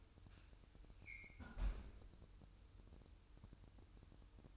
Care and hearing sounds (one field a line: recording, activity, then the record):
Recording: daily activity, microphone in the room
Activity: close fridge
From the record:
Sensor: 2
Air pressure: 988.3 hPa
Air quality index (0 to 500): 191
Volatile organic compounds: 184 ppm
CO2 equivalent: 4159 ppm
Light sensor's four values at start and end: 21/70/27/26 and 21/70/27/26